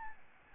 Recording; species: mosquito wingbeat signal from an infrared sensor; Aedes albopictus